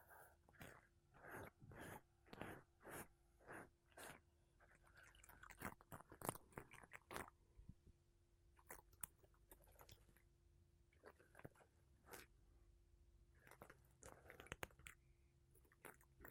Mic Brushing Using Makeup Brushes and Sponge